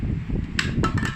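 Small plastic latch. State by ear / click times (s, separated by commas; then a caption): released / 0.6 s. A screwdriver gives a small push on the red release switch of the plastic side pod on an Arai Rapide IR motorcycle helmet shell, and the latch clicks open at 0.6 s, releasing the side pod. Two softer ticks follow at about 0.9 and 1.0 s over a low steady hum.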